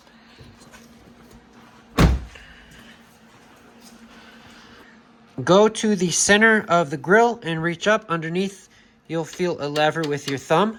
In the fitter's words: You're going to pull this latch and hear a pop.